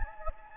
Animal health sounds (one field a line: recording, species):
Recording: mosquito wingbeat signal from an infrared sensor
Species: Anopheles gambiae